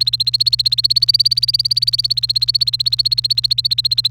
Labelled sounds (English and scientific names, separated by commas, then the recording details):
Domestic Canary (Serinus canaria) song
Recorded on 28 April 2018 at 07:40
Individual llb3